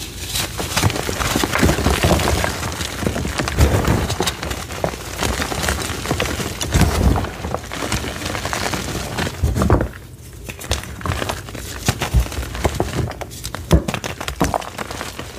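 Gym chalk being crushed in baby oil makes a dense, continuous run of crackling, squishing and crumbling sounds with frequent sharp clicks and soft thuds. The texture stays busy throughout, with a brief quieter dip around ten seconds before the crunching picks back up.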